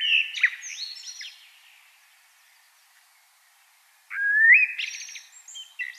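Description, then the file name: Common blackbird: a fluty phrase ending in high chattering twitters, then a few seconds of silence before another rising warble and squeaky finish. "Turdus merula"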